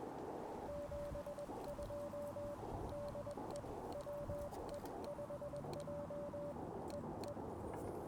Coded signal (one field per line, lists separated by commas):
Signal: Morse code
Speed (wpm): 21 wpm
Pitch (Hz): 580 Hz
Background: radio noise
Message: 72 DE WE5J EE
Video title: 1 Watt CW POTA Challenge! KX2 and AX-1... Failure!